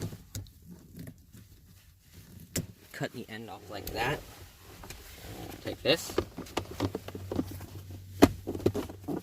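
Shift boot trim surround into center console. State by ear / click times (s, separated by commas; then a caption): not seated / none. On a Honda Civic Si, after the end of the zip tie on a new shift boot retainer is cut off with wire cutters, the plastic shifter trim surround is handled and pushed back toward the center console, with short sharp plastic ticks and handling noises while someone talks. The clip ends just before the part goes home, and nothing has seated or clicked yet.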